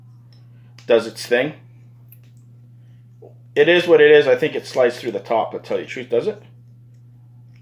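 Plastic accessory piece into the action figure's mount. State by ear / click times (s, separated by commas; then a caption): not seated / none. A plastic accessory piece of an action figure is being slid through the top of its mount while someone talks, with a few faint handling taps in the quiet gaps. The piece has not snapped into place yet; nothing has seated or clicked by the end of the clip.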